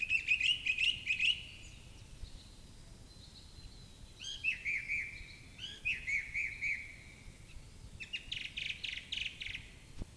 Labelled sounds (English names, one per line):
Song Thrush song